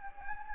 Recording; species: mosquito wingbeat signal from an infrared sensor; Anopheles gambiae